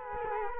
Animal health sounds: mosquito wingbeat signal from an infrared sensor; Culex quinquefasciatus

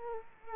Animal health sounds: mosquito wingbeat signal from an infrared sensor; Culex quinquefasciatus

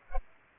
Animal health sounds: mosquito wingbeat signal from an infrared sensor; Culex pipiens

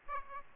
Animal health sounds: mosquito wingbeat signal from an infrared sensor; Aedes aegypti

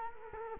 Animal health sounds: mosquito wingbeat signal from an infrared sensor; Culex quinquefasciatus

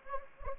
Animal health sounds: mosquito wingbeat signal from an infrared sensor; Anopheles gambiae

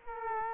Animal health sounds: mosquito wingbeat signal from an infrared sensor; Culex quinquefasciatus

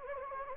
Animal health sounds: mosquito wingbeat signal from an infrared sensor; Anopheles gambiae

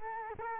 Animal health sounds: mosquito wingbeat signal from an infrared sensor; Culex quinquefasciatus

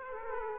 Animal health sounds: mosquito wingbeat signal from an infrared sensor; Aedes aegypti

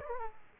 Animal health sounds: mosquito wingbeat signal from an infrared sensor; Aedes aegypti

